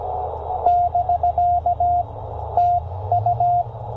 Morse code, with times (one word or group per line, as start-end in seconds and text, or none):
0.7-2.0 <BK>
2.6-3.6 TU